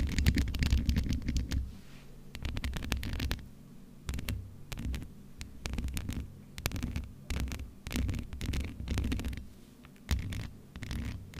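Scratching and rubbing on a microphone, with no talking. Dense, irregular bursts of rough scraping come in quick clusters, heaviest at the start and again from about 6 to 10 seconds, over a low, thumping rumble that throbs beneath the handling noise.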